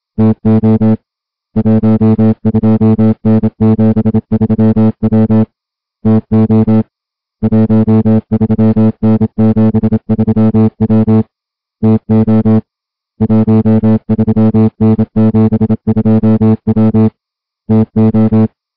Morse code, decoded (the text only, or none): TO 12N73W TO 13N73W TO 13N72W TO